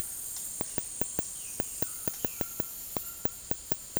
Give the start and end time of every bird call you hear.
0.00s-3.45s: Ramphastos tucanus
0.56s-2.60s: Cyanocorax violaceus

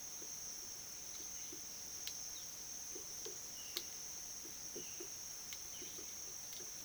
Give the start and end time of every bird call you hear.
3.53s-3.75s: Cyanocorax violaceus
4.76s-5.02s: Cyanocorax violaceus
5.73s-5.86s: Cyanocorax violaceus

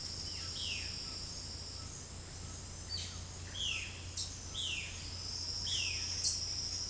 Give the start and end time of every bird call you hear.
0.26s-0.97s: Cyanocorax violaceus
2.88s-6.89s: Cyanocorax violaceus

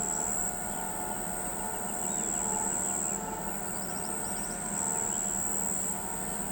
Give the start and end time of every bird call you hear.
3.66s-4.55s: Tyrannus melancholicus

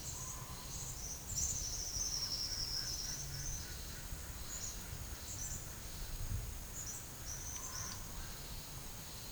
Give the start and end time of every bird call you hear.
0.00s-3.66s: Tyrannus melancholicus
4.39s-8.00s: Tyrannus melancholicus

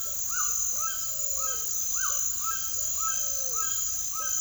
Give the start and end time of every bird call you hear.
0.00s-4.41s: Patagioenas cayennensis
0.00s-4.41s: Ramphastos tucanus

